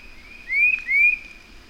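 Bird song: two clear whistled notes, each sliding upward, given in quick succession over a quiet, steady background.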